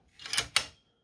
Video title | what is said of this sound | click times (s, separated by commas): Checking Head Space with gauges on AK Re-barrel | okay that's the go gauge clicks | 0.6 s